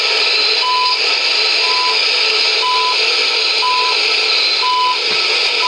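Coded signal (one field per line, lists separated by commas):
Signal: radio time signal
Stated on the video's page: CHU Canada time signal on 14670 kHz, received on an HP 8920A service monitor.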